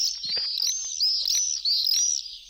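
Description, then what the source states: Swifts screaming, a run of shrill, high buzzy trills in overlapping waves, several birds calling together. Swifts' whistle during their wheeling group flight, played as a radio sound quiz; described as the bird that lives in the air, sleeping on the wing.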